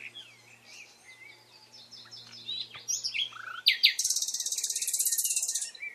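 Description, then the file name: Common nightingale song with soft varied notes over a low background hum, building to a loud fast rattling trill lasting about two seconds. "Luscinia megarhynchos"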